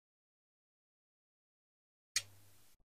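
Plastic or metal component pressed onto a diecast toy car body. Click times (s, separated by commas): 2.2 s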